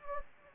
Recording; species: mosquito wingbeat signal from an infrared sensor; Anopheles gambiae